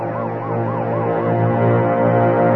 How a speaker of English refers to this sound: Oh, my, what's that? You better get over to the curb fire engines. Oh, I wonder where they're going. Hey, look. They're turning a corner, going down the block.